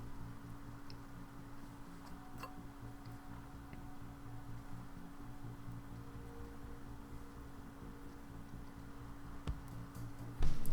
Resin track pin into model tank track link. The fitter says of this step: so you can see the pins click into place like that